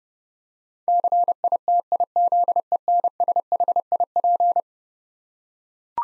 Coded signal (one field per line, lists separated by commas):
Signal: Morse code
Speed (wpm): 30 wpm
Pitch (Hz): 700 Hz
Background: none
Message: CITIZENSHIP